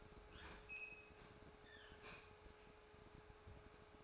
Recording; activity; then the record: daily activity, microphone in the room; open fridge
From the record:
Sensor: 2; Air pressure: 1004.5 hPa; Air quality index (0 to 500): 183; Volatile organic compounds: 10 ppm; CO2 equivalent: 2200 ppm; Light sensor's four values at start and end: 4/11/4/4 and 4/11/4/4